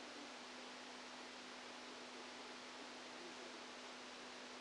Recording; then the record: brain microelectrode recording played as sound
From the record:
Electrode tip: outside the subthalamic nucleus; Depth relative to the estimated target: -10 mm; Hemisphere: left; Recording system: NeuroSet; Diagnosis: Parkinson's disease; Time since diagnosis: 13 years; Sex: male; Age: 49 years